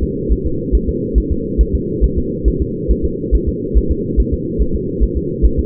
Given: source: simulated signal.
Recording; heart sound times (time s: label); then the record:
fetal heart sounds
0.03 s: S2
0.32 s: S1
0.46 s: S2
0.75 s: S1
0.89 s: S2
1.18 s: S1
1.32 s: S2
1.61 s: S1
1.75 s: S2
2.04 s: S1
2.18 s: S2
2.48 s: S1
2.62 s: S2
2.91 s: S1
3.05 s: S2
3.35 s: S1
3.49 s: S2
3.77 s: S1
3.91 s: S2
4.20 s: S1
4.34 s: S2
4.61 s: S1
4.75 s: S2
5.03 s: S1
5.17 s: S2
5.45 s: S1
5.59 s: S2
From the record:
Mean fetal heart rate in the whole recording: 140 bpm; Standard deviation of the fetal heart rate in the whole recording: 2 bpm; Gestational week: 34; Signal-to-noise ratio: -6.6 dB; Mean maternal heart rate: 72 bpm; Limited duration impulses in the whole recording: present